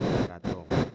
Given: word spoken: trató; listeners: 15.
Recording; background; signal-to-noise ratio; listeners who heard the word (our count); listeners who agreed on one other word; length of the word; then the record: one Spanish word in noise, from a listening test; noise modulated by one talker; -12.5 dB; 0 of 15; 9 of 15; 0.55 s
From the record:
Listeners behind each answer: 9, 2, 1, 1, 1, 1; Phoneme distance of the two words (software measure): 24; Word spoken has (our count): 2 syllables, 5 phonemes, stress on syllable 2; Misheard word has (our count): 2 syllables, 5 phonemes, stress on syllable 2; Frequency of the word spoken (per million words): 27.76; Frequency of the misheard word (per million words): 11.77